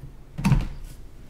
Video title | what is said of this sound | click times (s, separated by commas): Jurassic World Quest for Indominus Rex Pack Review (Walmart.com Exclusive) | also kind of locks open. | 0.4 s